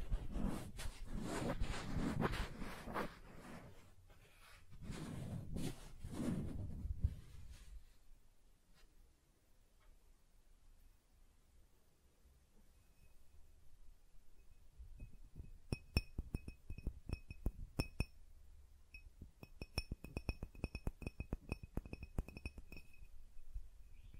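Soft tracing across surfaces, beginning with breathy, sweeping rubs in bursts over the first seven seconds. A quiet stretch follows, then from about fifteen seconds rapid, dense little taps and scratches set in, carrying a faint ringing, glassy tone.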